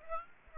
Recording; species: mosquito wingbeat signal from an infrared sensor; Aedes aegypti